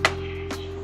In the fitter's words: Click shut immediately.